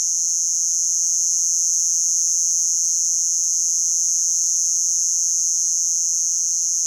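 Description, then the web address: Robust conehead katydid singing a steady, piercing high buzz with no pauses throughout. "Crickets and Katydids. Robust Conehead Katydid, Neoconocephalus robustus"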